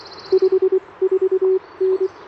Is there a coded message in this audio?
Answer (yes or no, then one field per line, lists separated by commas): yes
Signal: Morse code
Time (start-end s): 0.3-2.1 s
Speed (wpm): 25 wpm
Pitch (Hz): 380 Hz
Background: none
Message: 54N